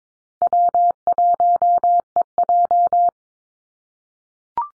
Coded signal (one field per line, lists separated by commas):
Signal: Morse code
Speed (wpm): 22 wpm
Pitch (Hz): 700 Hz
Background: none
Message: W1EJ